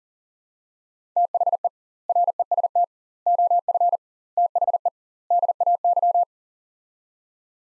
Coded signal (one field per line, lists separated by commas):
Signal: Morse code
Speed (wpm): 40 wpm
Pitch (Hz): 700 Hz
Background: none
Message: THE REST OF THE DAY